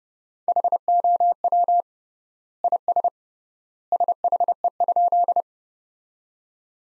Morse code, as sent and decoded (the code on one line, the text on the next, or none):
.... --- .-- / .. ... / ... .... . ..--..
HOW IS SHE?